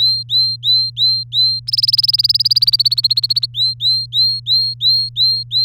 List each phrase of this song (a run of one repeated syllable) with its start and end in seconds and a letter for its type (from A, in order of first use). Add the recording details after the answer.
0.00-1.60 A, 1.67-3.46 B, 3.54-5.65 A. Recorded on 3 May 2018 at 16:46. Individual llb3